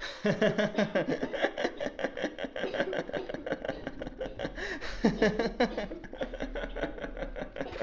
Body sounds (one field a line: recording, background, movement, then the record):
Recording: laughter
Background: a bystander coughing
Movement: walking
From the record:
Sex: male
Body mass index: 22.0 kg/m2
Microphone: on the chest, facing outward